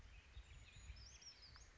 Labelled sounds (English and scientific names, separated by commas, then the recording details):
Brown Creeper (Certhia americana)
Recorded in Sonoma County, California